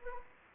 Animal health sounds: mosquito wingbeat signal from an infrared sensor; Anopheles gambiae

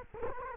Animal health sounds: mosquito wingbeat signal from an infrared sensor; Culex quinquefasciatus

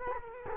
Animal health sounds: mosquito wingbeat signal from an infrared sensor; Culex quinquefasciatus

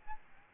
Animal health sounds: mosquito wingbeat signal from an infrared sensor; Aedes albopictus

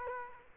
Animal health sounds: mosquito wingbeat signal from an infrared sensor; Culex quinquefasciatus

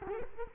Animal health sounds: mosquito wingbeat signal from an infrared sensor; Culex quinquefasciatus

